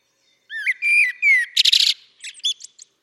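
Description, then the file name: Common blackbird song phrase: clear whistled notes, some sliding down, followed by a dense buzzy twitter and a few high squeaky notes. "Turdus merula"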